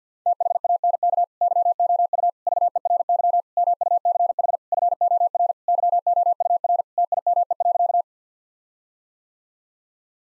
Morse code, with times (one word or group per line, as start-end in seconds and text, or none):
0.3-1.2 THANK
1.4-2.3 YOU
2.5-3.4 VERY
3.6-4.6 MUCH
4.7-5.5 FOR
5.7-6.8 YOUR
7.0-8.0 TIME.